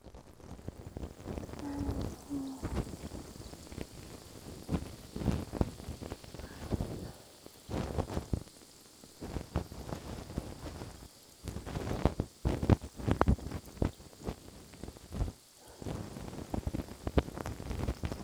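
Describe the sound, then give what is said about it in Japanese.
A steady, crackling fizz from a soda-soaked cotton swab in the ear, full of tiny pops and sharper snaps that swell and fade unevenly, with no voices. “炭酸綿棒でしゅわしゅわお耳ケア♪”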